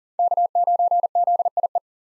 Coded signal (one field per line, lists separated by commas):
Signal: Morse code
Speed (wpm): 38 wpm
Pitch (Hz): 700 Hz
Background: none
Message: K9ZIE